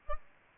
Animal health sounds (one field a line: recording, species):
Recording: mosquito wingbeat signal from an infrared sensor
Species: Aedes aegypti